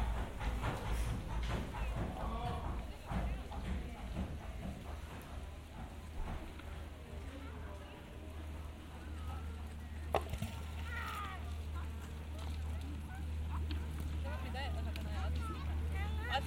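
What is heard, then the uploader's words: Voices carry across a beach, with a woman and a child talking in short, lively bursts through most of the stretch. A low, steady rumble like an engine or surf runs underneath throughout, and a brief sharp knock sounds around ten seconds. Generative soundscape based on a two-dimensional random walk between four binaural soundscapes recorded in Piran (Slovenia). Beach scene with mother and child.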